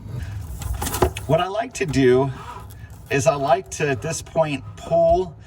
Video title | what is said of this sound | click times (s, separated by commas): Quick And Easy Install Of New Kitchen Faucet! | and then it just pops right in place. | 0.6 s, 0.8 s, 1.0 s